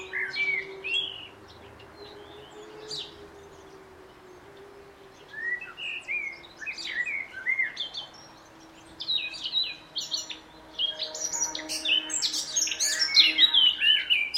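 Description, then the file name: Eurasian blackcap singing: scattered short scratchy warbled phrases with pauses, building into a louder, fuller run near the end, over a steady low hum. "Sylvia atricapilla"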